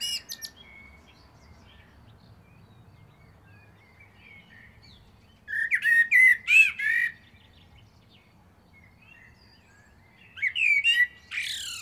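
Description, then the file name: Common blackbird singing: a brief twitter at the start, then two phrases of low mellow warbling capped by sharp, high squeaky notes, separated by quiet. "Turdus merula"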